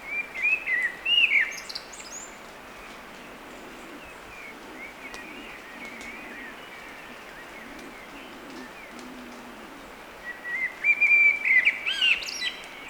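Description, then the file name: Eurasian blackbird song: one warbled whistled phrase at the start, a long quiet pause, then a second fluty phrase. "Turdus merula"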